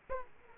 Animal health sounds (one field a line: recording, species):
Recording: mosquito wingbeat signal from an infrared sensor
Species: Aedes aegypti